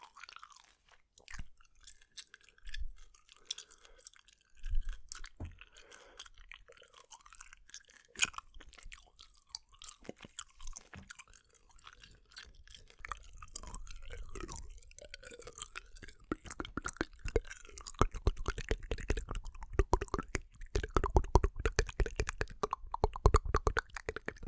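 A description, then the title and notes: Wet mouth sounds of gum being chewed, with dense clicks, smacks and small pops packed tightly together. Quieter and sparser in the first half, then busier and louder from about 13 seconds, with heavier squelches near the end. EXTREME Inaudible MOUTH SOUNDS Chewing Gum.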